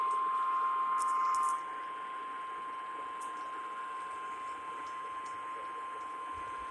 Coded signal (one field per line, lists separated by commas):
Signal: Emergency Alert System (SAME) tones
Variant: 1050 Hz attention tone